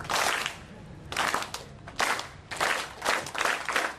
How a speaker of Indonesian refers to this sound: Oke, saya ingin Anda, kalau saya begini, tolong Anda kasih tepukan. Prok, ayo tepukan.